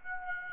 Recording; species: mosquito wingbeat signal from an infrared sensor; Aedes aegypti